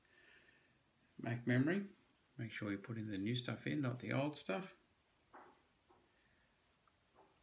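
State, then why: Not seated. Someone talks while a new RAM module is lined up and slid into the angled memory slot of an old Apple PowerBook Pro laptop, ready to be pressed down. After the talking, only a few faint, soft handling sounds follow around 5.4, 5.9 and 7.2 seconds. Nothing has seated or clicked yet.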